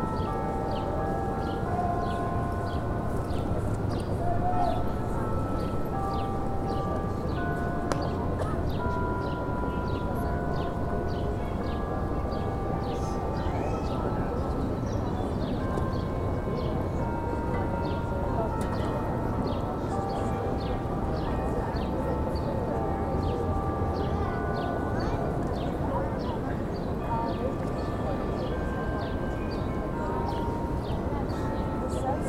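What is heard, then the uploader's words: Steady outdoor ambience on a city common: a constant murmur of voices over low traffic rumble, with rapid clicking steps throughout. Boston Common Ambience.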